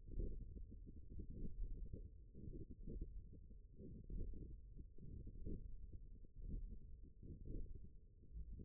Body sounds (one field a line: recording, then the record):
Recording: forearm muscle sounds (acoustic myography)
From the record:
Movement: index flexion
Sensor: system 1, eight BSWA MPA416 microphones around the upper forearm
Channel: 7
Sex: female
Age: 20 years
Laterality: right